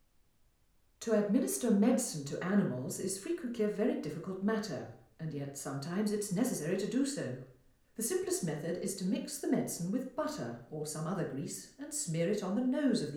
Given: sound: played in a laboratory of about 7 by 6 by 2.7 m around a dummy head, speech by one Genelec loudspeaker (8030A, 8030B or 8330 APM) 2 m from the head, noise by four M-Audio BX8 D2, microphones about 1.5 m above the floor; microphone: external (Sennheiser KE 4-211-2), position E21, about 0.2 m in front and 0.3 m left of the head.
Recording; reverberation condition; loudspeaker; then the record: female speech in English; medium; 60 degrees to the right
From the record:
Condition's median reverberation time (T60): about 510 ms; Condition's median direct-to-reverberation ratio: about -0.5 dB